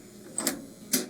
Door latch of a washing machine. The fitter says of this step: here you'll hear it click and you can open it